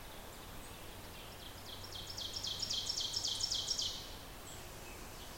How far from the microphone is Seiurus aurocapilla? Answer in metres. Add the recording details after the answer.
about 65 m. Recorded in boreal forest in Alberta, Canada, on 14 June 2016 at 06:12. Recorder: SongMeter 3, array SBT-3-33. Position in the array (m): 107 m, 21 m. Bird 21